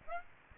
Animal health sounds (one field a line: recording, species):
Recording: mosquito wingbeat signal from an infrared sensor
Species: Aedes aegypti